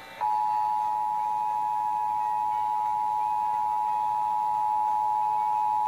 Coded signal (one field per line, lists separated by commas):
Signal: Emergency Alert System (SAME) tones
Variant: 853 and 960 Hz attention tone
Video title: EAS Capture #15